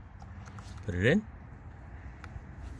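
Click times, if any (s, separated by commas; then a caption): 2.2 s. A second plastic wiring harness connector is pushed onto its ignition coil on a 2021 Hyundai Santa Fe 2.5L during a spark plug and ignition coil change. Someone talks briefly, then a short sharp click at 2.2 s marks the connector snapping home and locking in place.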